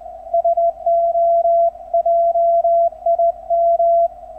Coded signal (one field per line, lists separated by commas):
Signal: Morse code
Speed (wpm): 18 wpm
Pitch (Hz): 680 Hz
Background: none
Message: SO JIM